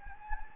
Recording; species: mosquito wingbeat signal from an infrared sensor; Anopheles gambiae